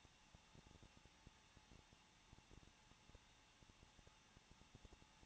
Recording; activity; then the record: daily activity, microphone in the room; no activity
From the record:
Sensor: 1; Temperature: 20.1 degrees Celsius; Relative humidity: 39.2%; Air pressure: 1006.3 hPa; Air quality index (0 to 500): 218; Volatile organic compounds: 78 ppm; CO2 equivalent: 3594 ppm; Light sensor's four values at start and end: 1/2/1/1 and 1/2/1/1